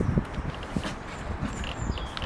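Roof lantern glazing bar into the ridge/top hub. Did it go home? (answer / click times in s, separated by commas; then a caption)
no / none. The top end of a glazing bar on a Korniche roof lantern is slid into the ridge hub at the top and pushed down, making low rustling and knocking handling sounds with a few short sharp taps near the end. Nothing has seated or clicked into place yet.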